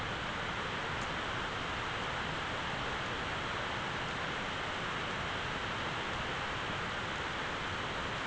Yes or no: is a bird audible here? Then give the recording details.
no. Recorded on Arctic tundra, site ZACK-1, on 13 June 2019. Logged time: 03:49